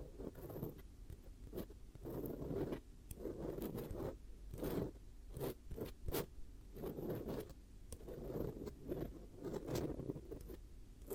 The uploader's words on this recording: ASMR 10 Hypnotic Triggers Around Your Head and Ears (No Talking).